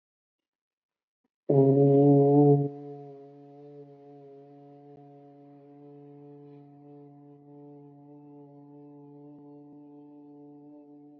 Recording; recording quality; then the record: sustained vowel as in boot; excellent, no background noise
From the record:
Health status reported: COVID-19 positive, mild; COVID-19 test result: positive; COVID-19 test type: RT-PCR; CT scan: not taken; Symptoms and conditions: cough, cold, muscle pain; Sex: male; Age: 25 years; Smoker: no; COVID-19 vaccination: both doses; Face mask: worn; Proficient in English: yes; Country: India